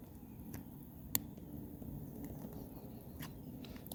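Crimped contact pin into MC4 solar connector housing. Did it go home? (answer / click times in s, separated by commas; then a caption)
yes / 1.2 s. A second crimped contact pin is pushed into a plastic MC4 solar connector half until it latches, with a single sharp, very slight click at 1.2 s that confirms it is seated, before the wire is pull-tested. Faint soft ticks and a low background rumble surround it, with a few small taps near the end.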